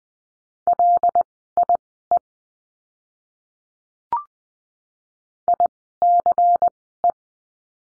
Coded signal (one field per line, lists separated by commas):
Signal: Morse code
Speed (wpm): 19 wpm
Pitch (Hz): 700 Hz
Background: none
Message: LIE ICE